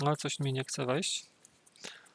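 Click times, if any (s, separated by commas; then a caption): 1.9 s. An internal part is pressed into the housing of a Riden RD6012 power supply during reassembly after an LCD replacement. Someone talks first, then after a quiet stretch with a few faint ticks the part resists and clicks into place at about 1.9 s, seated.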